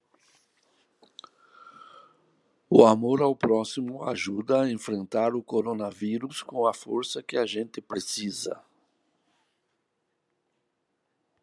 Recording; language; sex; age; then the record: spoken sentence; Brazilian Portuguese; male; 60 to 69 years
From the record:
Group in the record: control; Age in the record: 68 years